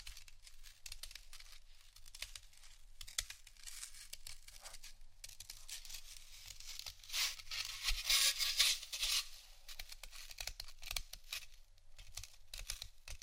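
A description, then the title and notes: Dense, continuous scratching fills the whole stretch, a dry crackling rasp made of rapid irregular strokes. It swells and grows harsher around the middle, near eight to nine seconds, then eases slightly. A low steady hum sits underneath throughout. ASMR Intense Scratching. (No Talking).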